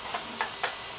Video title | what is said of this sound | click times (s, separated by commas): Building the U-9 from Das Werk: Part 2 | quite nicely uh you can feel it click and it drops in um | 0.4 s, 0.6 s